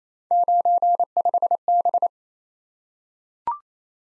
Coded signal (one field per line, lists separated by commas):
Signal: Morse code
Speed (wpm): 29 wpm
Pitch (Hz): 700 Hz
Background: none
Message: 95B